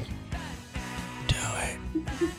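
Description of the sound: A single sharp sneeze from an adult man bursts out on air in a radio studio, the Pfeiffer Studios, with a hissing exhale after it, between snatches of studio chatter. He announces the sneeze just before it comes.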